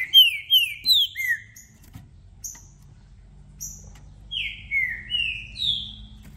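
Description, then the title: Green-winged saltator singing two phrases of four descending whistled notes, a faint low hum and scattered high chirps between them. Song played to warm up a caged bird for a singing contest, to make it call, sing and show male aggression, with several song types. "Esse É PERFEITO Para ESQUENTAR Seu TRINCA Piando, Cantando E Macheando Na DISPUTA. Trinca Ferro VALENTE! VIRANDO VARIOS TIPOS DE CANTOS!! Melhor para ABRIR O CANTO!!"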